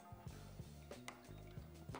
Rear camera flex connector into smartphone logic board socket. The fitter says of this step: à présent je vais rebrancher celle-ci je vais me taire pour qu'on entende le petit clic